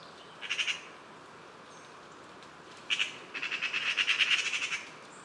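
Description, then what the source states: Eurasian magpie alarm chatter, a brief harsh rattle early on, then a longer run of fast, grating clacks after a quiet gap. Several magpies chattering in alarm, provoked by a squirrel near its nest high in a tree fork; autumn, Bois de Vincennes.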